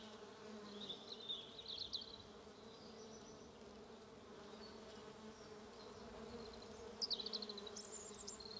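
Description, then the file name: Bees drone continuously under short bursts of rapid bird chirping near the start and end. "buzzing bees"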